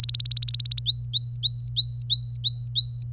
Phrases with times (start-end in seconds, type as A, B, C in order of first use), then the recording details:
0.00-0.81 A, 0.86-3.04 B. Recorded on 25 April 2018 at 09:21. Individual llb3